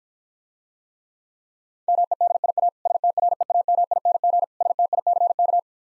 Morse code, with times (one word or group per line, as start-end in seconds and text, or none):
1.9-2.7 MEDIA
2.9-4.4 STREAMING
4.6-5.6 STICK